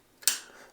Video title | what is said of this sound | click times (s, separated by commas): Full Process Building an AR Lower! | there we go locked into place it is trapped inside of those two ears on the buffer tube | 0.2 s, 0.3 s